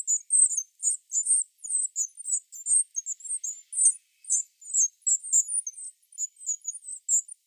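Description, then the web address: Great tit nestling giving a continuous stream of high, thin chirping notes, several per second, with short gaps and no other sounds. "Schulze Peter Great Tit nestling"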